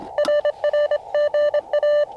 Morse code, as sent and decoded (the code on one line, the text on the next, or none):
.-. .-. --. .-
RRGA